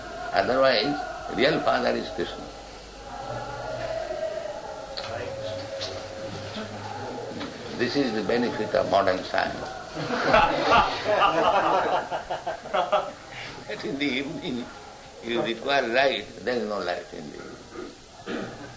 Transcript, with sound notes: Otherwise, real father is Kṛṣṇa. [devotees exclaim as lights go out] This is the benefit of modern science, [laughter] [Prabhupāda laughs] that in the evening you require light---there is no light in the evening.